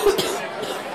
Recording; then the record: coughing mixed with background sound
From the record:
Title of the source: 30 Chesty and wet cough